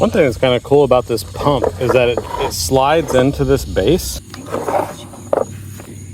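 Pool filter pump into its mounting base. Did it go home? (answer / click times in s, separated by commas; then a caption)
yes / 5.3 s. A plastic pool filter pump is slid along grooves into its plastic mounting base while someone talks. A sharp click at 5.3 s marks the pump seating and locking in place.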